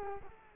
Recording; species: mosquito wingbeat signal from an infrared sensor; Culex quinquefasciatus